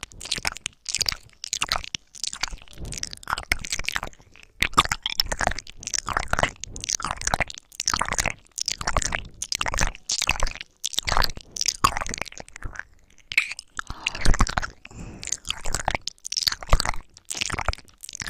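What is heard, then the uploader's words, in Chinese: Ear licking and wet mouth sounds: a steady run of short, moist clicks, smacks and slurps in quick, irregular bursts, separated by brief silences. The sounds are crisp and bright, with soft rustly tails, and continue without letup for the whole clip. 舔耳+口腔音。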